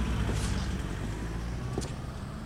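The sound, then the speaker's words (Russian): A car engine rumbles steadily with a deep, low drone as a young man gets into Sheila's boyfriend's car and drives away, its noise fading slightly toward the end. Brief faint hisses rise above the hum. “Парень садится в машину парня Шейлы, уезжает.”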